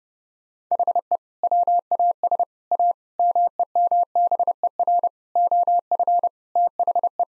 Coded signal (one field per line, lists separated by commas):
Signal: Morse code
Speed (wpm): 30 wpm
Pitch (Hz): 700 Hz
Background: none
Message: HE WAS A MEMBER OF THE